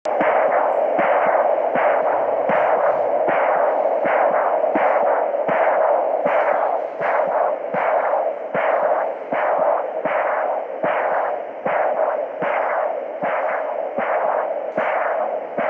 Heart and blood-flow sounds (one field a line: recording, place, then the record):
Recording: Doppler ultrasound of blood flow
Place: carotid artery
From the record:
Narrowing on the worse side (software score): normal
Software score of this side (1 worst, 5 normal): 5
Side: right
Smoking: never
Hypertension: no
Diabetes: no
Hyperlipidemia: no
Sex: female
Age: 18 years